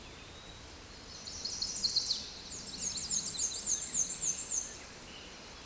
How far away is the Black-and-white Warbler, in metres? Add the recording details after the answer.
about 20 m. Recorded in a Pennsylvania forest on 19 May 2023 at 13:14. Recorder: AudioMoth, point grid1_20_low. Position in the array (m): 74 m, 212 m